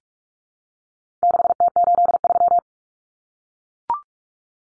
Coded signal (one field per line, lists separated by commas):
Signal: Morse code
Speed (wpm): 44 wpm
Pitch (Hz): 700 Hz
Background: none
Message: 6T83